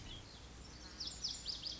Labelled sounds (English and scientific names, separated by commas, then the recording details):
Lazuli Bunting (Passerina amoena)
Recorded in Sonoma County, California